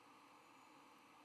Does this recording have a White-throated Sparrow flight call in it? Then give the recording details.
no. No flight call is heard. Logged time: 05:10 on 12 November 2014